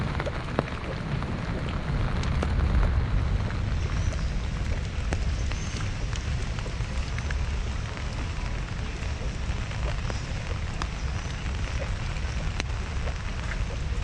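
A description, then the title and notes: Steady rain while walking in Central Park, a dense even hiss with a low rumble underneath and scattered sharp drips and taps throughout. Caminhando na chuva no Central Park em Manhattan Nova York. NYC Nature Rain Sounds ASMR.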